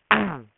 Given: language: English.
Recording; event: throat vibration sensor signal played as sound; throat clearing